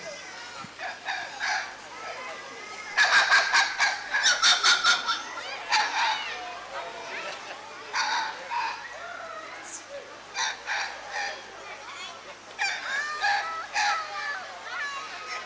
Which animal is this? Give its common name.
White-fronted Spider Monkey